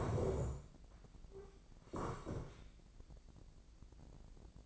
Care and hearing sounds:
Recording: daily activity, microphone in the room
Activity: sit down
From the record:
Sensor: 5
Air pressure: 1012.4 hPa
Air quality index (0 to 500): 147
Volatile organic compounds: 2 ppm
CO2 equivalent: 1012 ppm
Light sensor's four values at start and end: 272/651/278/307 and 273/653/279/308

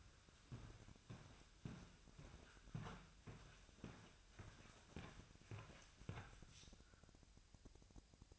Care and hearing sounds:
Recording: daily activity, microphone in the room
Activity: walk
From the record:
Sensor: 2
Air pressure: 1001.6 hPa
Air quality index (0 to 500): 230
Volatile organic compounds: 27 ppm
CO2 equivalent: 2889 ppm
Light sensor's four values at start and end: 9/30/11/11 and 9/30/11/11

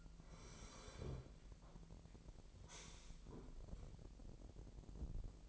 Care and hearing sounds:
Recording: daily activity, microphone in the room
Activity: sit down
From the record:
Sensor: 5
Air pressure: 1001.7 hPa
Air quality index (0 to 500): 250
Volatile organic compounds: 32 ppm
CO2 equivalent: 2994 ppm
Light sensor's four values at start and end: 46/107/44/45 and 46/106/44/45

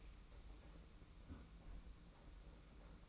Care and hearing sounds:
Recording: daily activity, microphone in the room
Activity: close fridge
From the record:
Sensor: 1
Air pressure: 991.8 hPa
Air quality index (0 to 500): 205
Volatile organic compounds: 1000 ppm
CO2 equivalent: 7936 ppm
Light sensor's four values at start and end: 28/100/38/39 and 28/100/38/39

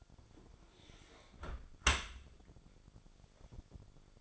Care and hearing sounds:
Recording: daily activity, microphone in the room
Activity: close dishwasher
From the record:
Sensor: 5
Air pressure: 1006.9 hPa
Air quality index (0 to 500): 183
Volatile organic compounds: 5 ppm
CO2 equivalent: 1751 ppm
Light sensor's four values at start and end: 53/148/58/59 and 53/146/58/58

